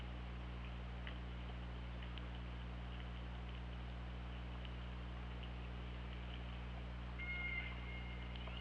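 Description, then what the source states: Killer whale call: a faint, steady, whistle-like tone with a fainter harmonic near the end, over constant low underwater hum and hiss. Underwater hydrophone recording made by OrcaLab on 24 August 2017 at 21:08.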